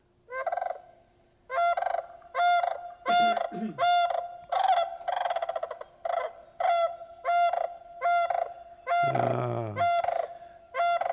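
Sandhill Crane bugling: loud, rolling, trumpet-like calls given in a series, with a couple of lower, harsher rattling notes mixed in.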